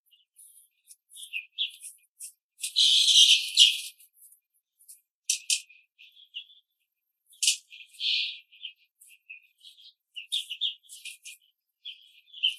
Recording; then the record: young laying hens in a cage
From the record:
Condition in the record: control cage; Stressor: none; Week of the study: 5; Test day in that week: 1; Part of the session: 2